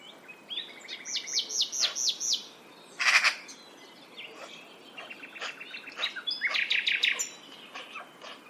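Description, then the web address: Bird calls: runs of quick, evenly spaced high notes, with a loud harsh burst between runs. Call type labelled as a pi pi pi pi call. "Deverinetal 2025 File origin Bird Only"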